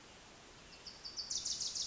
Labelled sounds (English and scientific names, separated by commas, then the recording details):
Wilson's Warbler (Cardellina pusilla)
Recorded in Sonoma County, California